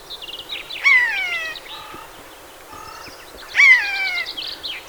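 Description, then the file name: Eurasian jay calling twice with loud, descending harmonic notes, linked by quieter short tonal notes and chatter. "Garrulus glandarius"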